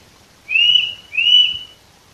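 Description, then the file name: Eurasian nuthatch calling with a pair of loud, clean whistles, the second following the first after a brief pause. "Sitta europaea"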